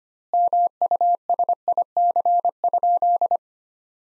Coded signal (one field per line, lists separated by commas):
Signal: Morse code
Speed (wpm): 25 wpm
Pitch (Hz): 700 Hz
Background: none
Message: MUSIC?